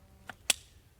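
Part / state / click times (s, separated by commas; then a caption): pistol trigger guard into holster locking catch / seated / 0.3 s, 0.5 s. A B&T TP9 9mm pistol is pushed down into its rigid holster, with the slotted muzzle cone guiding it until the locking catch grabs the trigger guard. A lighter click at 0.3 s is followed by a sharper, louder click at 0.5 s. The pistol is then seated and locked firmly in place until the release button is pushed.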